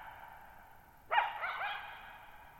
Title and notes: Lone Coyote at Thirtymile Meadows. I spent the night of July 14, 2019, camped near Thirtymile Meadows in the Okanogan National Forest at 6400 ft (1950 m)